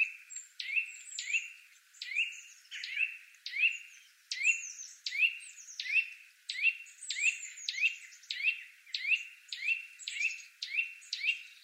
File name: Sitta europaea